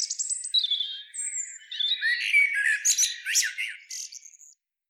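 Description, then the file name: Common blackbird song: fluted warbling phrases slide down in pitch, then break into a dense run of squeaky, twittering notes, ending in a short high whistle. "Turdus merula"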